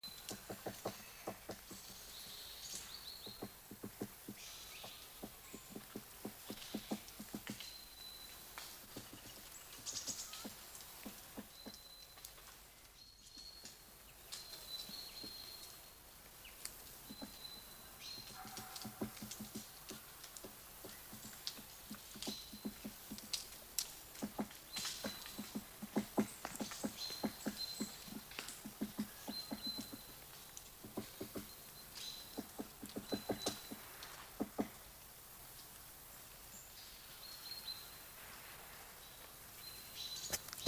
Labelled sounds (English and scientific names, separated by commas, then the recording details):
Great Spotted Woodpecker (Dendrocopos major)
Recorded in the wild
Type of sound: pecking
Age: adult
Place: Stubbenfelde, Insel Usedom, Mecklenburg-Vorpommern, DE
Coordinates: 54.0286, 14.0319
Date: 1983-09-20 17:52
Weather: sonnig, 16°C
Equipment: Nagra SN, Sennheiser MKH 416 T, Kopie Uher 4000 Report Monitor
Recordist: Tembrock, Günter
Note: Hämmern an Buche, Mikrofon an den Stamm angelegt